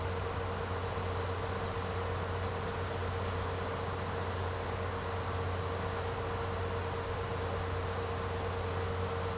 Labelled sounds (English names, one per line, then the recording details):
none
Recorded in secondary vegetation near Puerto Asís, Putumayo, Colombia, on 21 March 2025 at 09:00
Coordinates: 0.468, -76.324
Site G059